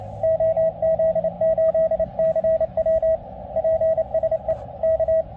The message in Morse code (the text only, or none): OZ8CW PSE K